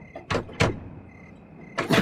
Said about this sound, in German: Haben Sie versucht, die Tür zu öffnen? Ja, sie ist verschlossen.